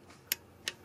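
A VANPO click-type torque wrench on a torque tester, set to a higher low-range value of around 25 N·m, is pulled to its release point. It gives a sharp, bright click at 0.3 s, followed by a second similar tick at 0.7 s over quiet background noise. The wrench releases at its setting, as intended.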